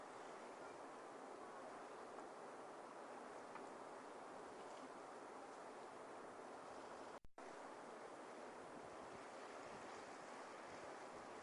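Ocean waves at Camusdarach Beach, Mallaig, Scotland, heard as a dense, steady wash of surf that barely rises or falls. The rushing hiss fills everything from a low rumble to a bright top, with one abrupt silent gap just after seven seconds.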